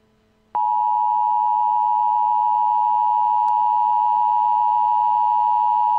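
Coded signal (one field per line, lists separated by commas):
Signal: Emergency Alert System (SAME) tones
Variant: 853 and 960 Hz attention tone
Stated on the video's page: Simulated EAS scenario, fictional.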